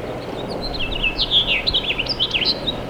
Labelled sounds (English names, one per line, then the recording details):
House Finch song
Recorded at Babylon on Long Island, New York, on 18 May 2013
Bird G